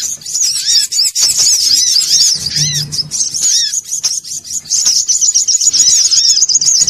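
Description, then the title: Little spiderhunter singing a fast, continuous run of shrill chips and curved notes, with a short low hum midway. Bird-training (masteran) material. "Sogok Ontong Labaik"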